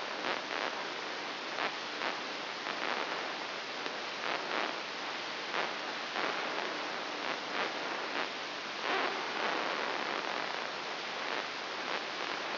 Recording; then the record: brain microelectrode recording played as sound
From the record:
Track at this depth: inside the subthalamic nucleus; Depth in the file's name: 3.202 mm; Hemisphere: right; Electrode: 3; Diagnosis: Parkinson's disease